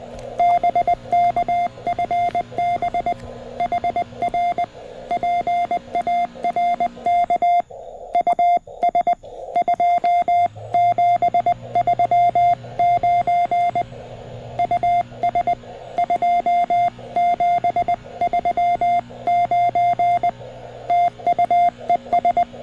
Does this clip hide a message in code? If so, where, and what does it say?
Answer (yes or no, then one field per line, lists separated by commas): yes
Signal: Morse code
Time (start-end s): 0.4-22.4 s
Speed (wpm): 20 wpm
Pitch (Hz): 700 Hz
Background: radio noise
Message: BK FB HR PARK US 2739 US 2739 TU ES